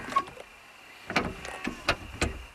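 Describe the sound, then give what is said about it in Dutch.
A modern car's soft-close door pulls itself shut with a faint electric whine and a run of soft mechanical clicks and thuds, five or six in quick, uneven succession, with no one talking. “Ja, je hoort hier het geluid van een soft close deur.”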